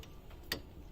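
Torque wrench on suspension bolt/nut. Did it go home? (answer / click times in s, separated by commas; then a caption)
yes / 0.5 s. A click-type torque wrench is tightened to 25 ft-lb on a suspension fastener in the tie rod and control arm area of a 2007 Saturn Ion during replacement of the lower control arms, tie rod ends and stabilizer bar links. Two faint ticks come at 0.0 and 0.3 seconds, then a sharp, much louder click at 0.5 seconds. That click shows the fastener has reached 25 ft-lb.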